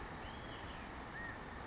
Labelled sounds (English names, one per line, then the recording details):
California Quail
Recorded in Sonoma County, California